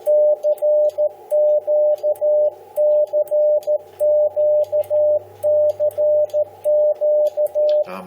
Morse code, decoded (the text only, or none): CQCQCQ